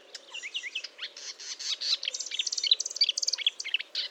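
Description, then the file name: Marsh warbler song, a breathless stream of harsh chatters, rasps and quick whistled imitations, packed tightly with almost no pauses. Recorded at Fontaine-Française, Fourneau, on 1 June 2022 at 10:55 with a Nagra recorder and Telinga microphone. "Rousserolle verderolle 1055 Fontaine-Francaise-Fourneau"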